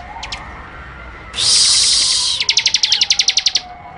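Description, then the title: Bird song: a few faint chirps, then a harsh buzzing burst followed by a crisp, evenly spaced series of many high, rapid notes. "SuaraBurung Kicau1"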